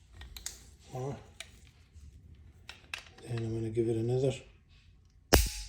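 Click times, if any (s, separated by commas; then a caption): 5.3 s. A fuel injector with its retaining clip or bracket is pushed by hand once more into its seat on the fuel rail. Someone talks, then a single sharp snap comes at 5.3 s. The injector clip snaps into place and is seated.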